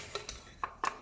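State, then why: Seated. A plastic whisk attachment is set on the blade assembly of an i-Cook'in cooking food processor and pressed down. Light plastic taps are heard at about 0.1 s and 0.3 s, then a sharp small click at 0.6 s as the whisk clips onto the blades, followed by another tap around 0.9 s. The whisk is seated.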